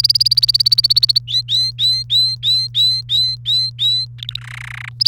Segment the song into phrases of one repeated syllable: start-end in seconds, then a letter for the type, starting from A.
0.00-1.19 A, 1.27-4.05 B, 4.18-4.40 C, 4.41-4.89 D, 5.00-5.08 A